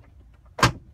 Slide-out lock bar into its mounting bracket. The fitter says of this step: push-up until it locks in place one of the most important steps of locking the slide is